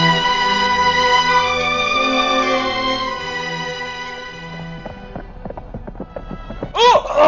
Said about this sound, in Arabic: أمسكوا الحصان. الحصان جمع وابتعد نحو الوادي. ابحثوا عنهم واحضروا حصاني.